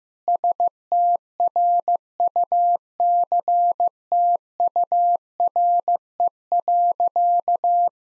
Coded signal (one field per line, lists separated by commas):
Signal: Morse code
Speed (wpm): 15 wpm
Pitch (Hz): 700 Hz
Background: none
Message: STRUCTURE.